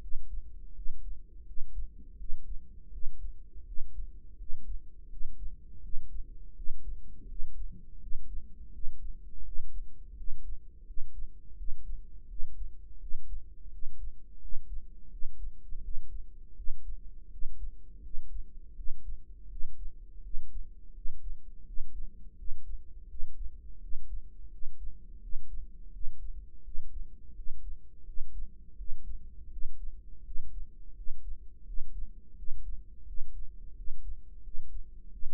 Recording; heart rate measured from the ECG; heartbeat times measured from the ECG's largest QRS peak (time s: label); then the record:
heart sounds by microphone in the right ear; 84 bpm
0.02 s: heartbeat
0.76 s: heartbeat
1.47 s: heartbeat
2.19 s: heartbeat
2.93 s: heartbeat
3.67 s: heartbeat
4.39 s: heartbeat
5.11 s: heartbeat
5.83 s: heartbeat
6.56 s: heartbeat
7.29 s: heartbeat
8.02 s: heartbeat
8.74 s: heartbeat
9.46 s: heartbeat
10.18 s: heartbeat
10.87 s: heartbeat
11.58 s: heartbeat
12.30 s: heartbeat
13.01 s: heartbeat
13.73 s: heartbeat
14.42 s: heartbeat
15.12 s: heartbeat
15.83 s: heartbeat
16.57 s: heartbeat
17.32 s: heartbeat
18.04 s: heartbeat
18.77 s: heartbeat
19.51 s: heartbeat
20.24 s: heartbeat
20.95 s: heartbeat
21.67 s: heartbeat
22.38 s: heartbeat
23.10 s: heartbeat
23.82 s: heartbeat
24.52 s: heartbeat
25.22 s: heartbeat
25.94 s: heartbeat
26.65 s: heartbeat
27.37 s: heartbeat
28.07 s: heartbeat
28.78 s: heartbeat
29.52 s: heartbeat
30.26 s: heartbeat
30.97 s: heartbeat
31.67 s: heartbeat
32.38 s: heartbeat
33.08 s: heartbeat
33.77 s: heartbeat
34.44 s: heartbeat
35.12 s: heartbeat
From the record:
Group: healthy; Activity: rest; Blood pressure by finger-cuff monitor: 131/83 mmHg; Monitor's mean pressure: 100 mmHg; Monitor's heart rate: 84 bpm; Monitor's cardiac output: 7 L/min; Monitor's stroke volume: 84 mL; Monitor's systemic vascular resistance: 1060 dyn s/cm5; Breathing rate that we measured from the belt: 18 breaths a minute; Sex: male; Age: 21 years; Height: 175 cm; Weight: 72.6 kg